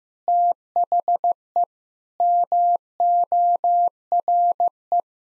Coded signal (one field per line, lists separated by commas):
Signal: Morse code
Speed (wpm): 15 wpm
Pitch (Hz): 700 Hz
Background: none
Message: THE MORE